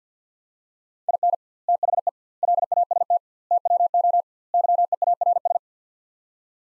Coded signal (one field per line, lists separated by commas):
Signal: Morse code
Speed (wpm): 50 wpm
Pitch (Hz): 700 Hz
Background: none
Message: IN THE LAST TWO YEARS